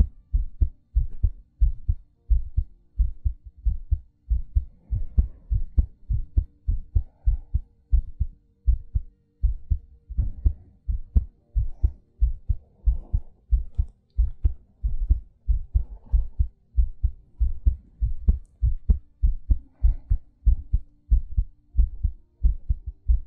ASMR Heartbeat Breathing.